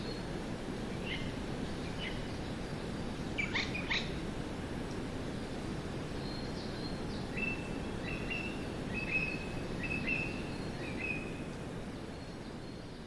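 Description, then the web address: Eurasian jay giving a pair of rasping screeches, with short clear whistled notes before and after over background hiss. Recorded at Chichibu on 12 May 2024. "koe kakesu 240512 chichibu"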